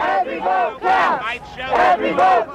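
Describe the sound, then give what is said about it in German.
Thousands of demonstrators in the USA protest loudly in early December 2000, stirred up by Jesse Jackson, shouting in rhythmic bursts that everyone matters and every vote counts; several surging chant-like cries rise and fall over a constant roar of massed voices. “Anfang Dezember des Jahres 2000, Jesse Jackson, einst selbst der erste schwarze Bewerber um die Präsidentschaftskandidatur in den USA, heizt die lautstarken Proteste von tausenden Demonstranten an.”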